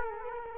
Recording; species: mosquito wingbeat signal from an infrared sensor; Culex quinquefasciatus